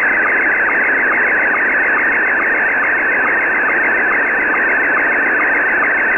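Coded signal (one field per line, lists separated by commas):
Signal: SSTV (slow-scan television)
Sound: warbling, chirping tone sweeping in pitch with steady rhythmic low blips, under hiss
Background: radio static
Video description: Here are 3 images transmitted in a row from Pee Wee Pirate Shortwave Radio on 6955Khz LSB.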